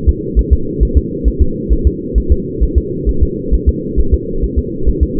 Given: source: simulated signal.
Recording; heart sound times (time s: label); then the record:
fetal heart sounds
0.09 s: S2
0.39 s: S1
0.53 s: S2
0.83 s: S1
0.97 s: S2
1.28 s: S1
1.42 s: S2
1.73 s: S1
1.87 s: S2
2.18 s: S1
2.32 s: S2
2.63 s: S1
2.78 s: S2
3.09 s: S1
3.23 s: S2
3.54 s: S1
3.69 s: S2
4.00 s: S1
4.14 s: S2
4.44 s: S1
4.59 s: S2
4.89 s: S1
5.03 s: S2
From the record:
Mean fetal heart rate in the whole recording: 135 bpm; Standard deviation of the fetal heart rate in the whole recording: 3 bpm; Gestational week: 34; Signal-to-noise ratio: -8.1 dB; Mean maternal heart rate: 72 bpm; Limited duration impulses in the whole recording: absent